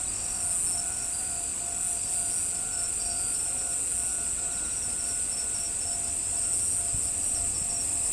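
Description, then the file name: Cricket chorus, a dense continuous high trilling band with steady faint tones below and a low rumble throughout. "crikets"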